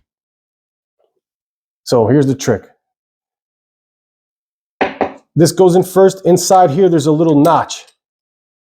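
An AR-15 charging handle is handled at the rifle's upper receiver while someone talks. A brief faint tick and a sharp transient near 4.8 s are heard between the speech. The handle is not yet home, and nothing has seated or clicked into the notch yet.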